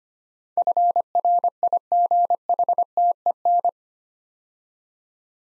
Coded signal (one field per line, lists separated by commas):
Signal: Morse code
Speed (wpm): 25 wpm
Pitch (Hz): 700 Hz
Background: none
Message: FRIGHTEN